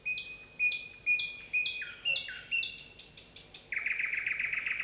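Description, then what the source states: Bird twittering, high thin whistled notes repeated in quick series, then descending slurred chirps and a fast buzzy trill at the end. In forest.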